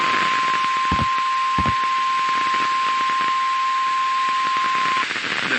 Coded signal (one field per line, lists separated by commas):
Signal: Emergency Alert System (SAME) tones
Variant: 1050 Hz attention tone